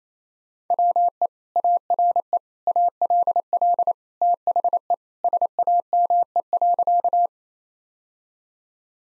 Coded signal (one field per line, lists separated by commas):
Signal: Morse code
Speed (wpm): 28 wpm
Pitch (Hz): 700 Hz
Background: none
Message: WE ARE ALL THE SAME.